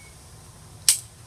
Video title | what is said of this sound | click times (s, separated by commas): Hand Pruning Tools | this will telescope and you're going to hear it lock okay | 0.9 s